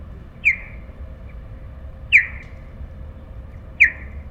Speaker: En reconnaissance, elle va poser une question, y a-t-il quelque chose ? Elle répète cette question, y a-t-il quelque chose ?